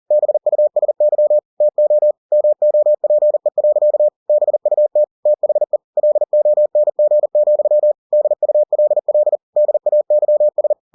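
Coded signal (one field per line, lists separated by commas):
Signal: Morse code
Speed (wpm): 40 wpm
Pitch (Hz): 600 Hz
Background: none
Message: BUSY TO MOPE. BUT THE LONG, DULL DAYS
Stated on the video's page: Book text converted to Morse by software at 40 WPM for head-copy practice.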